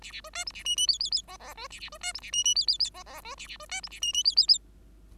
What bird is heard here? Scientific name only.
Lonchura striata domestica